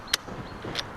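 Someone briefly presses the red release shaft on the folding mechanism of the front frame section of a SHARVAN 18-inch folding e-bike, and the latch clicks open at 0.1 s. A second, quieter sharp click follows at 0.8 s as the part is turned back toward re-engaging.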